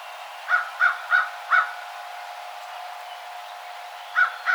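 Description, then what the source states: American crow calling with rough caws, four quick ones, a silent gap, then two more at the end. Recorded 2007-03-12.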